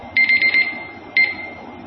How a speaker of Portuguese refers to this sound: esse relógio anda rápido demais, hein?